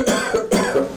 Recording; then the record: coughing mixed with background sound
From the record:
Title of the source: Residual Phlegmy Morning Coughing and Gagging